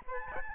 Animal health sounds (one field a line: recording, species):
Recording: mosquito wingbeat signal from an infrared sensor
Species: Aedes albopictus